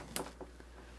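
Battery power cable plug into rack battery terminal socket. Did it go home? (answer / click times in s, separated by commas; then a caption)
yes / 0.2 s. A battery power cable's barrel plug is pushed into the terminal socket of a Pytes E-BOX 48 V (51.2 V) 5.12 kWh 100 Ah LiFePO4 server rack battery. A sharp click sounds at 0.2 s, followed by a fainter tap at 0.4 s. The plug seats and locks in place so it cannot be pulled out without pressing the release button on the side.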